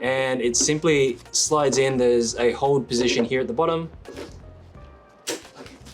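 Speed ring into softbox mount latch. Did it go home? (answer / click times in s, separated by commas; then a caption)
yes / 5.3 s. A detachable speed ring, about 115 millimeters in diameter, is slid into the bottom hold position of a Spectrum Lumibox quick release softbox and pushed until it latches while someone talks. A single sharp snap at 5.3 seconds marks the ring seating in place.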